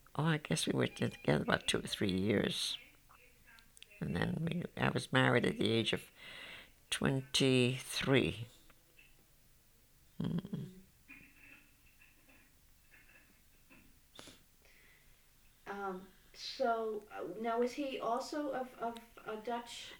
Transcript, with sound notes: Oh, I guess we were together about two or three years. ( there is an announcement made on a public address system in the background ) And then we, I was married at the age of twenty-three.
So, now, was he also of Dutch...